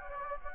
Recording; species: mosquito wingbeat signal from an infrared sensor; Anopheles gambiae